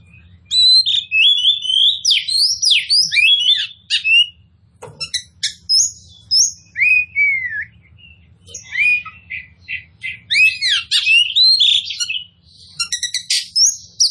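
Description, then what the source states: Oriental magpie-robin song of scratchy warbles and sweeping whistles in long, busy phrases broken by a few short gaps. Kacer poci form of the bird, described as gacor, meaning singing vigorously and constantly.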